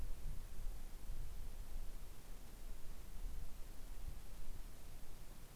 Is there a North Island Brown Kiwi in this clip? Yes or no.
no